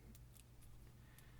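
A plastic SwitchEasy Rebel X bumper frame is snapped onto an iPhone 4/4s, giving small sharp ticks at 0.2, 0.4 and 1.2 seconds over a low steady hum. The frame is only partly seated: it sits up a little at the top and is not on all the way.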